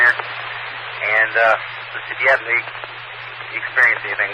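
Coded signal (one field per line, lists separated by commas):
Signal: Emergency Alert System (SAME) tones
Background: speech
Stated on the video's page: Received on a 145.2300 MHz Skywarn amateur repeater.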